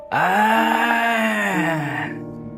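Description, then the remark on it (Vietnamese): A man's single strained, hoarse scream of agony, squeezed in his throat, bursts out loudly, holding a raspy rising-then-sagging pitch for about two seconds before it chokes off and fades. “Tiếng hét bị chèn ép trong cổ họng khàn đặc giống như là một con mãnh thú dãy chết vang vọng trong không gian.”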